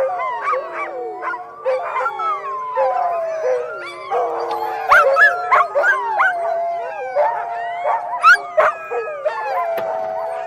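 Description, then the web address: Several dogs whining and howling together, overlapping wavering tones with sharp yips and barks scattered throughout, a continuous chorus. "plusieurs chiens qui gemissent et aboient"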